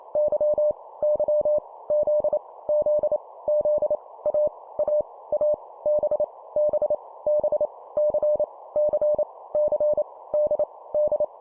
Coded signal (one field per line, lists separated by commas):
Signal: Morse code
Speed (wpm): 28 wpm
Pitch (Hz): 600 Hz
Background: none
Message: Y Y Z Z Z A A A B B B C C C D D